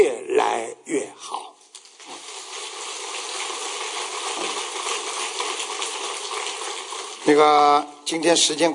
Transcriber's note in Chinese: 掌声